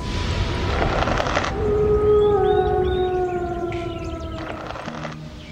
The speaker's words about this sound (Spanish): Un último aullido intenta resquebrajar la noche.